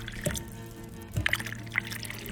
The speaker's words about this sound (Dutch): Tap een glaasje water. Fris gezuiverd.